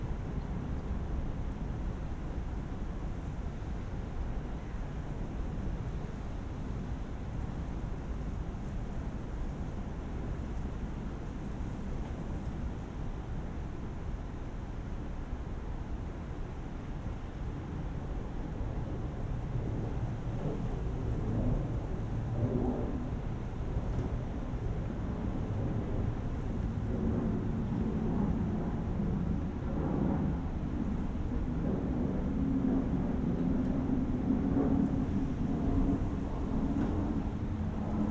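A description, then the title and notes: Low wind moans steadily inside a small shelter, a dense rumbling murmur heavy in the low end with a softer rushing hiss above. The sound holds constant throughout, thickening slightly in the second half, where faint higher whistling tones drift in and out. Inside a bird hide. Indistinguishable shifting murmurings, of the surrounding landscape, blown in through low letterbox windows. Flurried sounds, made by internal things under external forces.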